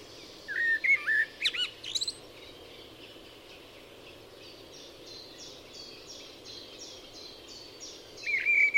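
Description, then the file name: Eurasian blackbird giving a short fluty phrase with a sharp high flourish; quick, high repeated notes run through the middle, and a second fluty phrase starts at the end. "Turdus merula"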